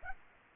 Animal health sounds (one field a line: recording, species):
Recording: mosquito wingbeat signal from an infrared sensor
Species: Aedes aegypti